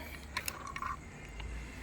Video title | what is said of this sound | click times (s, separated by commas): Bike led light fixing BEST LED/ HEADLIGHTS /FOR BIKES 💡80w bulb/ | அவ்வளவுதாங்க அழகா பக்கம் வந்து லாக் ஆயிடுச்சு | 0.5 s